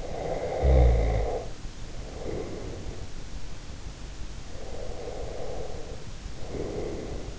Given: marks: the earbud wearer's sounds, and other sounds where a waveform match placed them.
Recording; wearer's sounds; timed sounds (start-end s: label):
sounds in sleep by an in-ear microphone; snoring breath, breath
0.05-3.23 s: snoring breath
4.53-7.39 s: breath